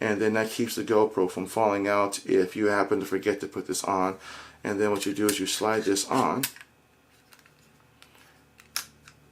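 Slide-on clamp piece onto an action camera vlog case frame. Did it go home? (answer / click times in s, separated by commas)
yes / 8.8 s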